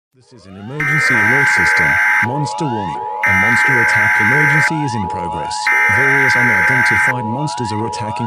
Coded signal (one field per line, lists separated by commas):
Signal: Emergency Alert System (SAME) tones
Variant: header bursts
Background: speech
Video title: School Drill | EAS